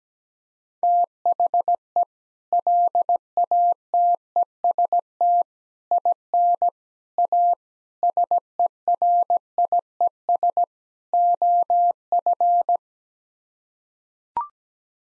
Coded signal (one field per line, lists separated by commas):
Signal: Morse code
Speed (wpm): 17 wpm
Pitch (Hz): 700 Hz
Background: none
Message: THE LATEST IN A SERIES OF